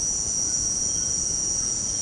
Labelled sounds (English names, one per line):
White-throated Toucan